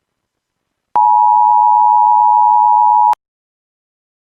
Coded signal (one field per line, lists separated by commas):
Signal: Emergency Alert System (SAME) tones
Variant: 853 and 960 Hz attention tone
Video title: EAS Alerts from WDFA-IP - 11/10/2020 (EAS# 210-219)